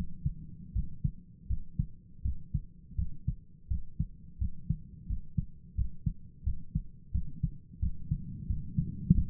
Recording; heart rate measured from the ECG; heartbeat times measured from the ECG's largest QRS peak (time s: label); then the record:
heart sounds by stethoscope; 86 bpm
0.74 s: heartbeat
1.48 s: heartbeat
2.23 s: heartbeat
2.97 s: heartbeat
3.69 s: heartbeat
4.39 s: heartbeat
5.08 s: heartbeat
5.76 s: heartbeat
6.45 s: heartbeat
7.13 s: heartbeat
7.81 s: heartbeat
8.48 s: heartbeat
9.13 s: heartbeat
From the record:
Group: healthy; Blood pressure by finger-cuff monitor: 92/48 mmHg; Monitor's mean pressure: 62 mmHg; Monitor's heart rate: 85 bpm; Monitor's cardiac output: 8.3 L/min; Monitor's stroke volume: 99 mL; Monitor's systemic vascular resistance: 530 dyn s/cm5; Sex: male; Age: 19 years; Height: 178 cm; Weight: 83 kg